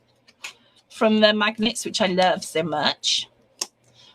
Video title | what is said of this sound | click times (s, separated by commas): Vagabond Briefcase Minibook Class Part Ten | because that's that satisfying click | 0.5 s